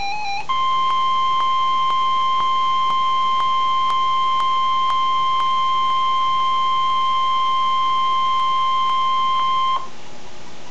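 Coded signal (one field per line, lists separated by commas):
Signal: Emergency Alert System (SAME) tones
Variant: 1050 Hz attention tone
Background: music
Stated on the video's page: Severe thunderstorm warning from NOAA Weather Radio KEC60, Milwaukee, Wisconsin.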